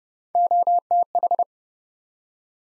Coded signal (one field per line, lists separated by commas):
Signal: Morse code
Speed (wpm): 30 wpm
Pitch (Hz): 700 Hz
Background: none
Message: OTH